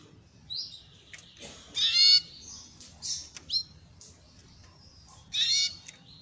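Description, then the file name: Belgian canary in loose bursts of high chirps and buzzy notes, broken by short pauses. Copper-coloured Belgian canary. "canto do canario belga cobre"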